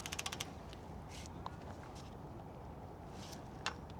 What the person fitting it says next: There's our click.